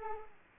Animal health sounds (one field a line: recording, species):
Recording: mosquito wingbeat signal from an infrared sensor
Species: Culex quinquefasciatus